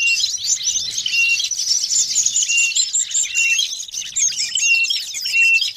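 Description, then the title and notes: Bird chatter in a thick continuous mass of high twittering and sharp whistled notes, many overlapping, with no pauses. Noisy bird calls used as a lure for trapping birds. "Master Burung Ribut. Burung Ribut Pikat"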